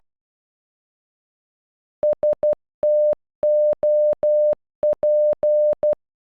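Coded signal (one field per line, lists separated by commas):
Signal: Morse code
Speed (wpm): 12 wpm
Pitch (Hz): 600 Hz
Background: none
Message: STOP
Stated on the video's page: Morse code for a single word, made with an online translator tool.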